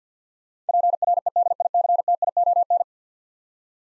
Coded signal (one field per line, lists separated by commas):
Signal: Morse code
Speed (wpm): 48 wpm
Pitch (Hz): 700 Hz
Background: none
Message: PREDICTION